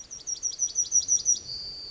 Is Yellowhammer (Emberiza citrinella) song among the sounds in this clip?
yes